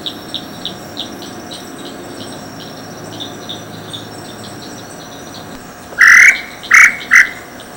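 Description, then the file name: Tataupa tinamou call: three loud, full whistled notes near the end, spaced under a second apart, over steady high insect chirping and buzzing. Recorded at Picinguaba, Ubatuba, São Paulo state, Brazil, on 15 November 1991. "Crypturellus-tataupa-Picinguaba-Ubatuba SP-Brazil 15-11-91-ASilveira"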